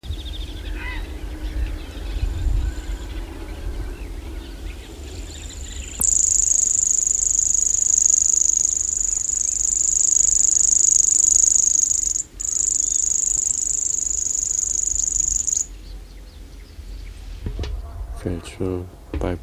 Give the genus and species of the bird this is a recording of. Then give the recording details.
Locustella naevia. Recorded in the wild. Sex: male. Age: adult. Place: Bresewitz, Mecklenburg-Vorpommern, DE. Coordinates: 54.4028, 12.8267. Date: 1977-06-08 20:25. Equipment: Nagra SN, Reflektor, Kopie Uher 4200. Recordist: Tembrock, Günter. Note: Männchen: Gesang